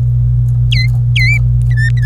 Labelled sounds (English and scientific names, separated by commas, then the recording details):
Domestic Canary (Serinus canaria) song
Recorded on 25 April 2018 at 14:30
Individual llb3